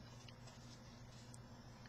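A transceiver's coax plug is twisted onto the threaded socket of a GY561 power and frequency meter, producing only faint scraping taps around 0.3, 1.3 and 1.9 seconds over a steady low hum. The plug cross-threads instead of starting, and nothing has seated or clicked.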